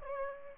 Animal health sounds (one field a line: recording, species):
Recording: mosquito wingbeat signal from an infrared sensor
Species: Aedes albopictus